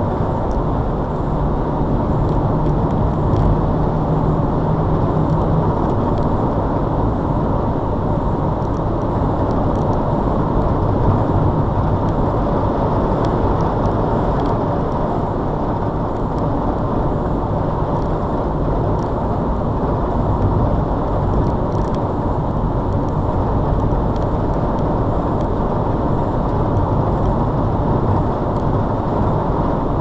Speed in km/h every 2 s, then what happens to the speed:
87, 90, 93, 92, 93, 93, 93, 89, 82, 82, 82, 84, 87, 92, 93.
0-12 steady at about 93. 12-16 slows to 82. 16-21 steady at about 82. 21-30 speeds up to 93.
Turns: none.